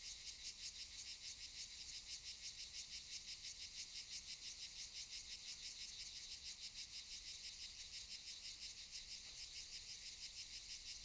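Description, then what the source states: Several cicadas in a shrill, buzzing chorus, throbbing in quick regular pulses several per second, unbroken across the whole stretch. Cicadas recorded around 18:40 in the evening in Valdelatas hill woodland near Madrid, Spain, during the COVID-19 de-escalation period before Phase 3.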